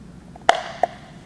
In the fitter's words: I think it just clicks right in.